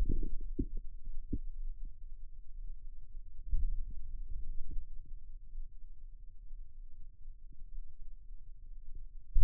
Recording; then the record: forearm muscle sounds (acoustic myography)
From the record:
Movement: pen grasping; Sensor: system 2, bracelet of six BSWA MPA416 microphones around the upper forearm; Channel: 4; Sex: male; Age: 22 years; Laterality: right